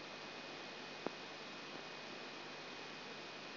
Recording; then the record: brain microelectrode recording played as sound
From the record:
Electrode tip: outside the subthalamic nucleus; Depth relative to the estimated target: -6 mm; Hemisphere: left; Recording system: AlphaMap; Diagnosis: Parkinson's disease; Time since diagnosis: 12 years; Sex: female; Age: 47 years